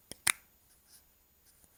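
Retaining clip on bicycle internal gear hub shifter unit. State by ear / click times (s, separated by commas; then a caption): seated / 0.3 s. While a shifting unit is fitted onto the internal gear hub of an old mountain bike, its small retaining clip is pushed home. A faint tick at 0.1 s leads into a sharp, bright snap at 0.3 s, followed by quiet with a soft tick near 1.6 s. The clip snaps back in and is seated.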